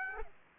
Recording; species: mosquito wingbeat signal from an infrared sensor; Aedes aegypti